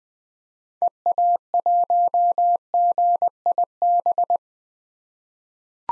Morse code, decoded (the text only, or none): EA1GIB